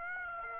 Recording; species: mosquito wingbeat signal from an infrared sensor; Aedes aegypti